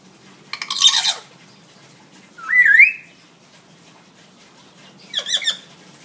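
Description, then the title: Hill myna calling: a harsh noisy squawk, then a twisting rising whistle, then another rough squawk, over a low background hum. Actively singing (gacor) hill myna, recorded as a tutor recording (masteran) for training other birds. "Suara Burung Beo Gacor Cocok Untuk Masteran"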